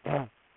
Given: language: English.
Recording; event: throat vibration sensor signal played as sound; throat clearing